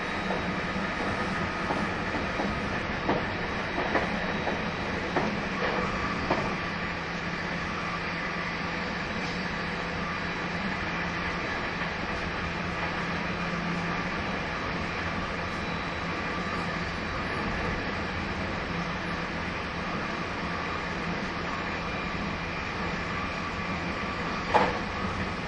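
A train runs steadily with a continuous low rumble and rattling, brief clatters early on and a sharp knock near the end.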